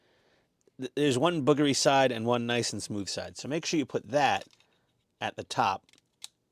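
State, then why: Not seated. Someone talks while handling a plastic seat back or partition part of a Fanhome Ghostbusters Ecto-1 model car kit, getting ready to fit it onto the back of the partition wall of the assembly with its smooth side at the top. A short, sharp tick is heard at about 6.2 s, but the part is not home yet and nothing has seated or clicked into place.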